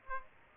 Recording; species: mosquito wingbeat signal from an infrared sensor; Aedes aegypti